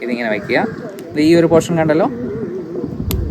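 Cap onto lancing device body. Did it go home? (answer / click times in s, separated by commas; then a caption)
yes / 3.1 s. After a lancet needle is loaded, the cap is put back onto a plastic lancing device body and turned shut while someone talks. A sharp click is heard at 3.1 s as the cap locks in place.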